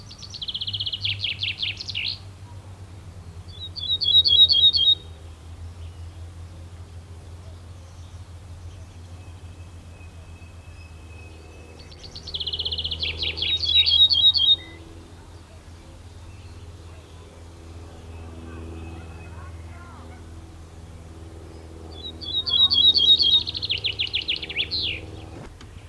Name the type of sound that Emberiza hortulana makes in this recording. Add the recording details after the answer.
song. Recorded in the wild. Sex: male. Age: adult. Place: Schloß Holte-Stukenbrock, Senne, Nordrhein-Westfalen, DE. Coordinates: 51.8531, 8.6525. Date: 1972-05-22. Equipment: Uher 4200 Report Stereo, Bändchenmikro Beyer M 260, Parabolspiegel Polyester (600 mm). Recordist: Conrads, Klaus. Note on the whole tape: Forellenzucht nördlich Furlbach (Furlbach-Gebiet). Männchen: Gesang